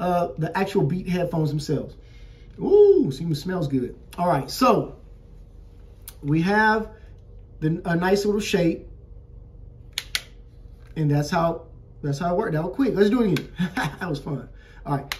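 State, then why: Seated. Someone talks while folding or unfolding the plastic earcup hinge on the headband of a pair of Beats Studio Pro over-ear headphones. The hinge snaps into position with two sharp clicks at 10.0 s and 10.2 s, locking into place.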